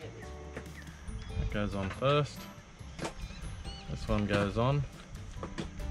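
Two halves of a plastic solar panel cable connector with an O-ring are handled as the solar cable connector is readied to go into its mating connector, while someone talks over background music. Only a few brief faint taps are heard, and nothing has seated or clicked yet.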